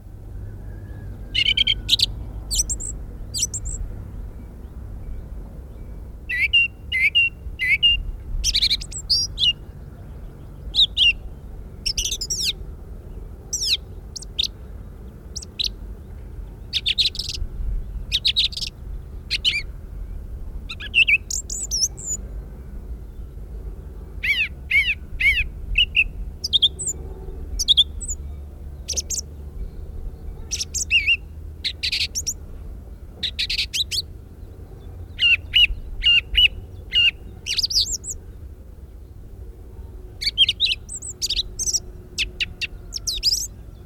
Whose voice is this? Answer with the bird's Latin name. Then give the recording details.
Turdus philomelos. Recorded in the wild. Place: Pingarati, Moldova, RO. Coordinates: 46.93, 26.187. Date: 1973-04-19. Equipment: Nagra III BH, Sennheiser MD 21, parabola. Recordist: Schubert, Michael